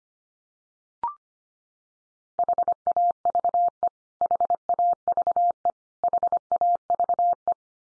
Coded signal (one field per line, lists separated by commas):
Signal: Morse code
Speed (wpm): 25 wpm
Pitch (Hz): 700 Hz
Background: none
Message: HAVE HAVE HAVE